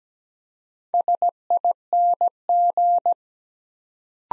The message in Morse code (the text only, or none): SING